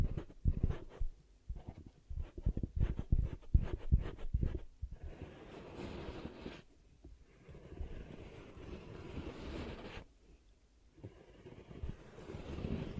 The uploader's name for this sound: ASMR 10 Ear Cupping Triggers